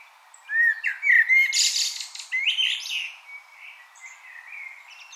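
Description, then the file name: Common blackbird: low, mellow whistles leading into a harsh, high-pitched twittering rush, then softer trailing notes. "Turdus merula"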